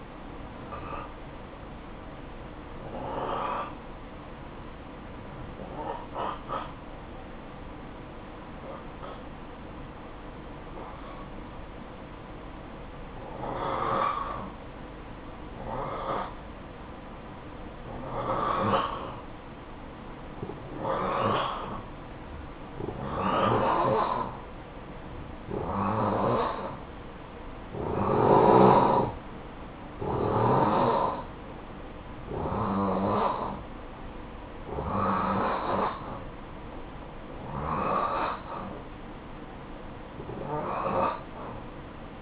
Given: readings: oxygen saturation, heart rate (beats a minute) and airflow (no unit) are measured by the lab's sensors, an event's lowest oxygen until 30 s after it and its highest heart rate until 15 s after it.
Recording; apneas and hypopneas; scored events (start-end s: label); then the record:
breathing in sleep by a voice recorder at the bedside; 1
3.00-25.70 s: hypopnea (N2, oxygen 91% highest, then 87% lowest, heart rate 57 at the start, 60 highest)
From the record:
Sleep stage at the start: N2 (light sleep); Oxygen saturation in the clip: 88 to 91%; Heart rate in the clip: 51 to 60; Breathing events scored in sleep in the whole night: 573 in 9.8 hours asleep